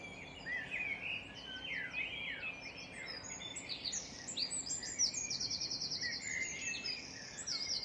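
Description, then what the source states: Birds singing together at dawn: sweeping whistled phrases and rapid buzzy trills overlap continuously, with a faint low hum in the background. Dawn chorus of birds singing.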